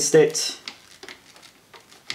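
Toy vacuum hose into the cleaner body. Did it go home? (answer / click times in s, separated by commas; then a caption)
yes / 2.1 s. A plastic hose is pushed onto the body of a Casdon Dyson DC14 toy vacuum cleaner until it locks into position. Someone talks at the start, followed by a few faint plastic taps and rubs. A sharp click at 2.1 s shows the hose is seated.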